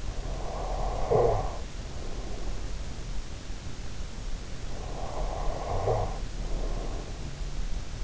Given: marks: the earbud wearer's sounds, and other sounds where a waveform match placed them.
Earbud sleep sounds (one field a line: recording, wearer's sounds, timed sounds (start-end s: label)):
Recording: sounds in sleep by an in-ear microphone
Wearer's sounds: snoring breath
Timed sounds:
0.06-3.20 s: snoring breath
4.62-8.04 s: snoring breath